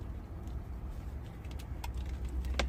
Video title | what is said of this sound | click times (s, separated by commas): ربط جهاز تشغيل عن بعد دوج كرفان من 2008 الى 2018 | Now that's gonna plug right into our female side of our T-harness. Snaps right in. | 2.6 s